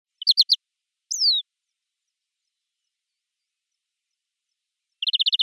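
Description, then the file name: European greenfinch calls: a few rapid chips and one slurred descending whistle, then after a pause of about three and a half seconds a fast even rattling trill. "Chloris chloris"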